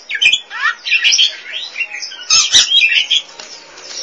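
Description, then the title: Oriental magpie-robin song of squeaky warbles and whistled slurs in two bursts, the second fading into quieter twittering. Chirping song (kicauan) of the bird. "Suara Kicauan Burung Kacer Durasi Panjang"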